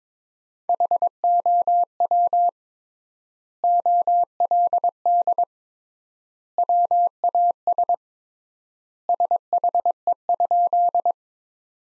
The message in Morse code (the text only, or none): HOW OLD WAS SHE?